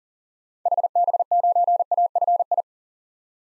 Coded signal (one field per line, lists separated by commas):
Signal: Morse code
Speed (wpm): 40 wpm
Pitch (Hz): 700 Hz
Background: none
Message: HB9AFI